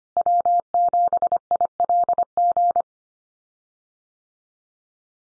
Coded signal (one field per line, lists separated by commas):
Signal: Morse code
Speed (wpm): 25 wpm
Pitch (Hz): 700 Hz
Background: none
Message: W7ILG